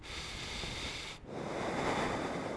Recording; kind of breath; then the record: one breath in and out by a microphone near the nose and mouth; deep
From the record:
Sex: male